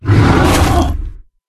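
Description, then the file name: Bear roar, one rough, breathy growl lasting just over a second before fading out. "medved"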